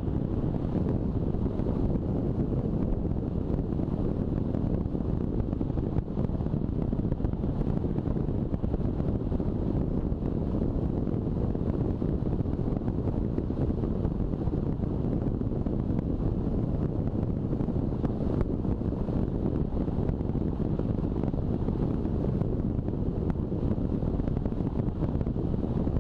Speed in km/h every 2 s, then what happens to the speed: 38, 38, 38, 41, 41, 41, 41, 41, 41, 42, 41, 41, 42.
0-26 steady at about 41.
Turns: none.